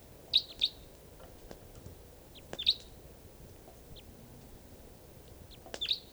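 Crossbill calls: short sharp chip notes in three brief bursts.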